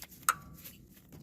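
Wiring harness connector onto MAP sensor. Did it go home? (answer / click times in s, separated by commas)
yes / 0.3 s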